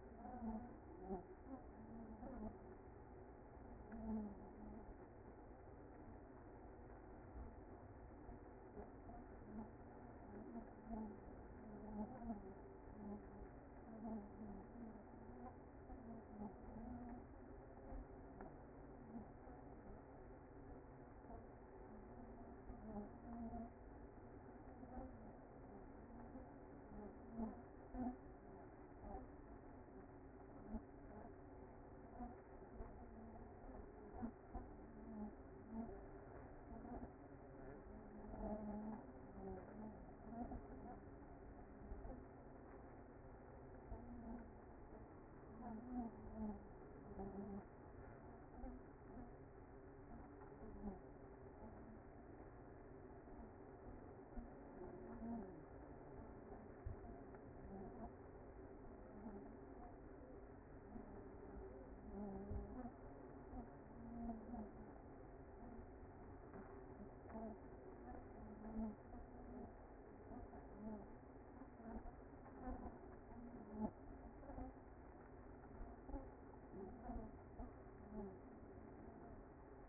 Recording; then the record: honeybee colony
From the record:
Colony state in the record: active